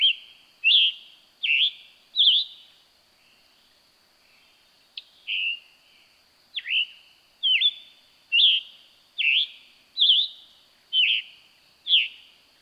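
Scarlet tanager with hoarse, slurred phrases repeated about once a second, a pause of a few seconds early on, then the burry phrases resume.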